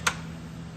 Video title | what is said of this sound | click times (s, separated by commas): Cooter’s Garage Season-2 Episode-6 | Push that all the way on there. Click in, you can hear it click. | 0.1 s